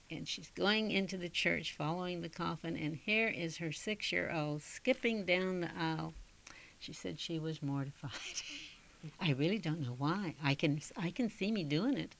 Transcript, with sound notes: And she's going into the church following the coffin, and here is her six year old skipping down the aisle. She said she was mortified. (she laughs) I really don't know why. I can, I can see me doing it.